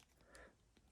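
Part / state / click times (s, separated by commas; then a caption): alternate action figure head onto plastic neck ball joint / not seated / none. An alternate plastic head for a Storm Shadow action figure from the Snake Eyes movie is pressed onto the figure's plastic neck ball joint, making only faint, soft scuffs and light taps around 0.0 and 0.4 seconds. There is no pop: the head has not seated and will not stay on.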